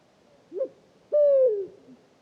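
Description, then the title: Pharaoh eagle-owl hooting: a short, soft lead note, then a longer, deep, steady hoot that falls slightly at its end, against a quiet night background. Hooting at 3 a.m. on 8 March 2019 on a pitch-dark night at Oued Enoicre, Mauritania; first heard from afar, then approached to about ten metres with a parabolic reflector (Tlp7) and a Mixpre3. "Grand-duc du désert - Mauritanie"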